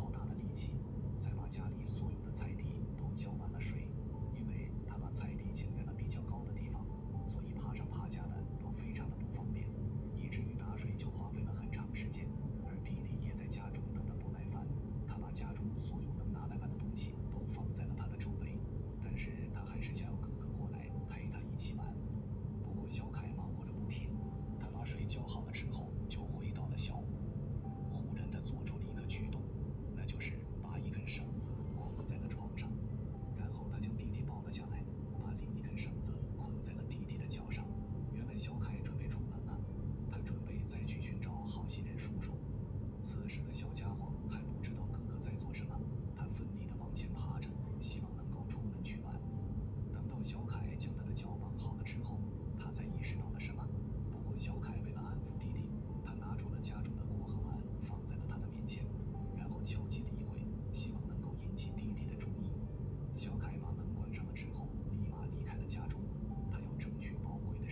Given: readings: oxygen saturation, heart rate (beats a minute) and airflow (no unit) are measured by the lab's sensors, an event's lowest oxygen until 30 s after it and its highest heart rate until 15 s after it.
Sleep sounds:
a person awake in a sleep study, by a smartphone at the bedside; none
0.00-67.72 s: awake
From the record:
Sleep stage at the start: awake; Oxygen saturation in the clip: 94 to 95%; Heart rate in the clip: 75 to 79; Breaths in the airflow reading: 18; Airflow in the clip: -4.3 to 5.6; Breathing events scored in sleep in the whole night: 131 in 7.2 hours asleep

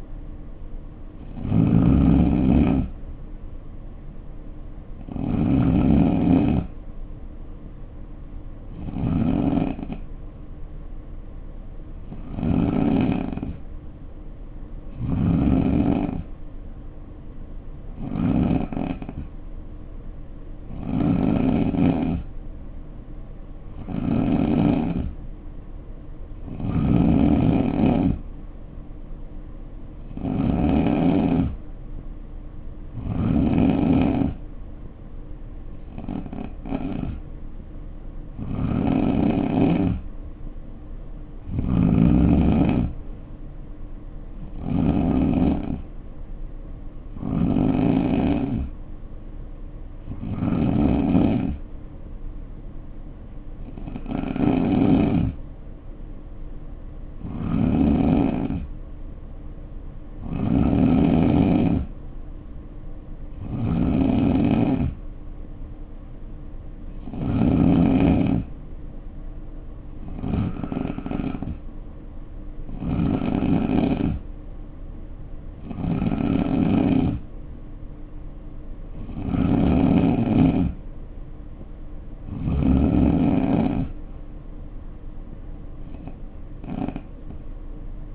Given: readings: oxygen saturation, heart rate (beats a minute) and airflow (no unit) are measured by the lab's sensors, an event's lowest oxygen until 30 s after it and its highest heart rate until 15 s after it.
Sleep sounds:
breathing in sleep by a smartphone at the bedside; 1
20.00-30.50 s: hypopnea (N2, oxygen 91% highest, then 88% lowest, heart rate 59 at the start, 64 highest)
From the record:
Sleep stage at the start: N2 (light sleep); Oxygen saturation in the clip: 88 to 91%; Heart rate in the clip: 58 to 66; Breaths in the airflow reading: 28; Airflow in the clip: -4.8 to 3.5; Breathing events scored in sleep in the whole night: 520 in 7.2 hours asleep

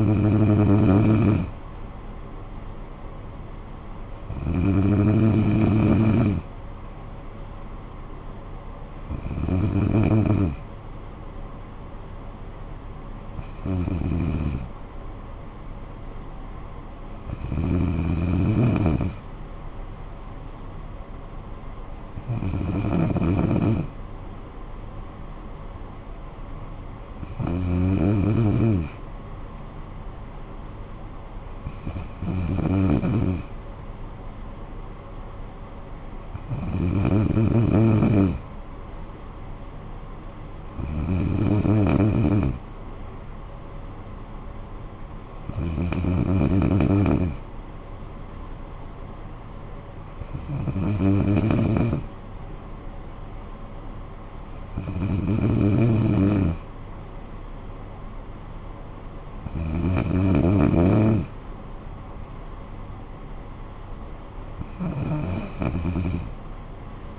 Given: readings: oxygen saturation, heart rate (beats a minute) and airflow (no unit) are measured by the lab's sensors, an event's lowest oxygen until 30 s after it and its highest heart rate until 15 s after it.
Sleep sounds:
breathing in sleep by a smartphone at the bedside; none
none scored
From the record:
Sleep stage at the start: N2 (light sleep); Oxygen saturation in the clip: 93 to 94%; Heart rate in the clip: 53 to 61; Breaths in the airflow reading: 15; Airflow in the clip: -9.3 to 5.6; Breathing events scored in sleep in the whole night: 445 in 7.6 hours asleep

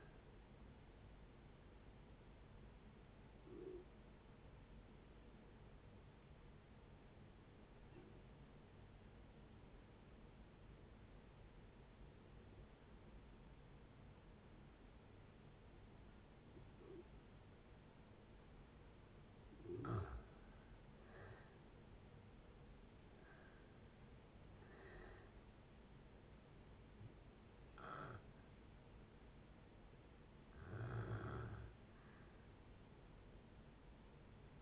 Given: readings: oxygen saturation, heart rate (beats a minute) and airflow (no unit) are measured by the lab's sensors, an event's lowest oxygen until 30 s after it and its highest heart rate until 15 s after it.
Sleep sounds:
breathing in sleep by a voice recorder at the bedside; 1
3.00-21.50 s: hypopnea (N1, oxygen 95% highest, then 83% lowest, heart rate 69 at the start, 74 highest)
From the record:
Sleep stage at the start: N1 (lightest sleep); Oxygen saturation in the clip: 83 to 95%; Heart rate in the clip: 65 to 74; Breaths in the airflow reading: 7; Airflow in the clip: -7.2 to 6.8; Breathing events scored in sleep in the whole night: 496 in 5.4 hours asleep

